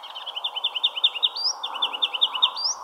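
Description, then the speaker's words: Ruby-crowned kinglet song: rapid, high, bright two-note phrases repeated in a series, each run ending in a rising note, over a steady low rushing background. Long, melodious song ending 'Peter, Peter, Peter, Pete'; first singing usually heard at the end of March, marking spring, in a backyard near the Bitterroot River. "I hear the first ruby-crowned kinglet singing its long, melodious song, ending with, "Peter, Peter, Peter, Pete.""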